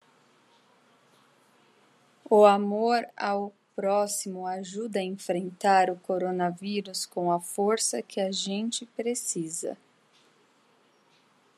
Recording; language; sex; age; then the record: spoken sentence; Brazilian Portuguese; female; 40 to 49 years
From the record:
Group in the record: control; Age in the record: 40 years